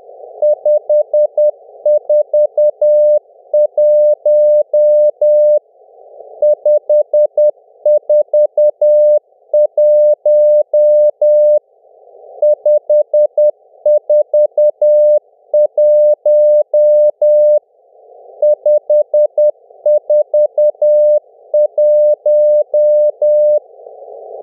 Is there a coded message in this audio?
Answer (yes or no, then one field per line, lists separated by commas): yes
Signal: Morse code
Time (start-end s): 0.4-23.6 s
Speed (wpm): 10 wpm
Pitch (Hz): 600 Hz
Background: music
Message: 541 541 541 541